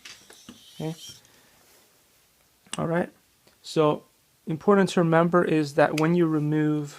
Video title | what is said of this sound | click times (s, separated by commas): Alpha 1 pro ubitech how to service servo motors and remove the shell | Turn it until it snaps out, and there you have it. | 0.1 s